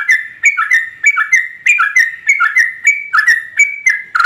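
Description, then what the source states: Yellow-vented Bulbul song, bubbly rapid chattering phrases with short rising and falling notes, repeated almost without pause throughout. Trucukan singing vigorously (gacor) in rapid continuous delivery (ropel), its song filled with material taken from other birds (isian).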